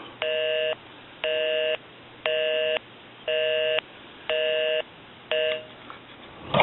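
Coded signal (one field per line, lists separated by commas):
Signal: telephone call progress tone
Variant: North America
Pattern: busy tone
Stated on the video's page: Heard on a vintage Kellogg crank wood wall telephone during initial checkout after conversion and repair.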